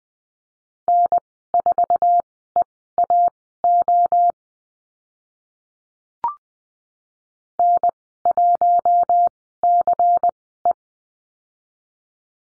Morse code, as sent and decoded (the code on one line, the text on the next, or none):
-. ....- . .- --- / -. .---- -.-. .
N4EAO N1CE